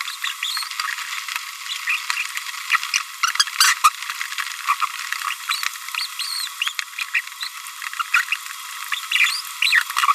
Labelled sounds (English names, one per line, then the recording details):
Green-rumped Parrotlet babbling
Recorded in a nest box in Venezuela
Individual 18B25A5